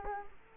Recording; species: mosquito wingbeat signal from an infrared sensor; Culex quinquefasciatus